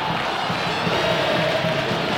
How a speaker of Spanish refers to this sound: La única manera es así. Con este grito cerrado de toda la hinchada de Gimnasia.